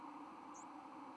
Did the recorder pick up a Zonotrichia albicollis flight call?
no